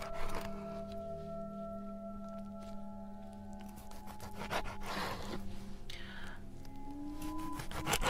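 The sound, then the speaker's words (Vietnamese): Rasping strokes of a knife sawing through a monkey carcass at night, a few scraping bursts over a steady low droning hum, with soft breathy noises in between. “Những cái tiếng xoèn xoẹt vang lên trong đêm nghe rùng rợn.”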